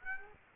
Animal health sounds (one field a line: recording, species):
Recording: mosquito wingbeat signal from an infrared sensor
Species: Aedes aegypti